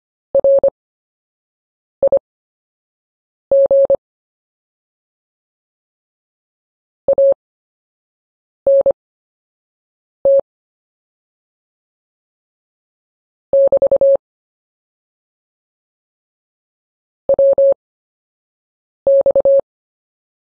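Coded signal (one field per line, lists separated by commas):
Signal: Morse code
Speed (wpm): 25 wpm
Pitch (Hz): 550 Hz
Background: none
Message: RIG ANT <BT> WX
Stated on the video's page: Morse practice of anchor words with a slow speed workout at 8 WPM.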